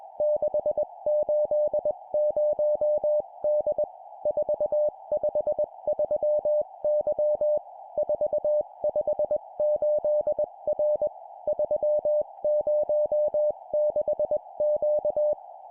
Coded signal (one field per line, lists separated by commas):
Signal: Morse code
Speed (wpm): 21 wpm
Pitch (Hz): 600 Hz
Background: music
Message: 680D 453Y 458R 306Q